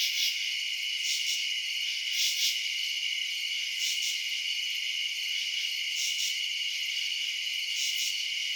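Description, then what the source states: Cricket chorus: continuous high-pitched trilling plus recurring louder chirps. Crickets recorded at night in residential suburbs.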